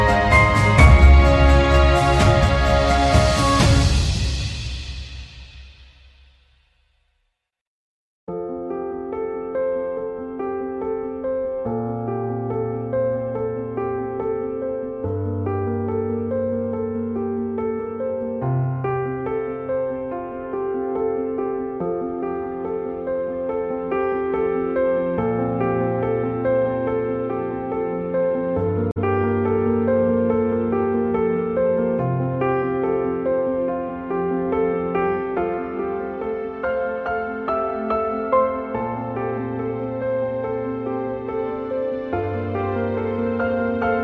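Calm piano music opens with a bright, shimmering swell that fades into a brief silence. Gentle, even playing then begins, with low bass notes shifting every few seconds under a soft, steady layer of sustained higher chords.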